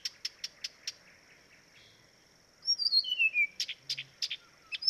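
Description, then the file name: Blyth's reed warbler song of sharp spaced clicks followed by a long descending whistled slur and more clicks, against light background noise. "life dviete. acrocephalus dumetorum"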